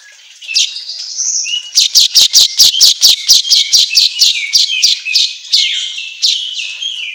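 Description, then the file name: Asian golden weaver song: squeaky twitters, then a rapid series of sharp chattering notes, ending in wheezy slurred phrases. Track meant for training songbirds to sing eagerly (auto gacor). "Suara Kicau Manyar Kepala Emas Auto Gacor"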